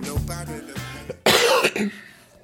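A brief voiced throat-clearing sound, then two sharp, forceful adult coughs in quick succession.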